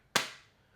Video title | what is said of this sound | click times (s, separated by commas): THEIR BEST CASE!! - Torras Ostand 360 Spin for iPhone 16 Pro Max | Very solid click onto the case. | 0.2 s